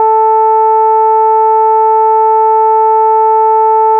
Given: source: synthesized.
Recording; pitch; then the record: sustained vowel; 440 Hz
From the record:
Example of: reference voice (G1)